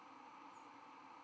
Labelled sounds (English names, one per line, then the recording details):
White-throated Sparrow flight call
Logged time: 03:55 on 11 November 2014